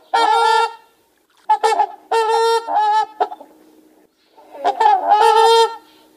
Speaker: mystery sound is trumpeter swan. Birders all over western Washington look for the first sightings of these winter visitors.